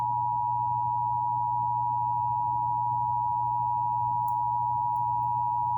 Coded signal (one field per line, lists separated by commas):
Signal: Emergency Alert System (SAME) tones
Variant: 853 and 960 Hz attention tone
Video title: (EAS #127-132) MISSISSIPPI'S REQUIRED MONTHLY TESTS WITH SOME FAILS (EAS alerts from 2/7/2022